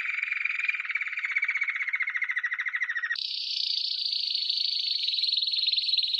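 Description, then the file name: Canary song: a rapid rolling trill, held steady and slightly falling for about three seconds, then an abrupt switch to a higher, finer buzzy trill that runs to the end. "Canary Voice"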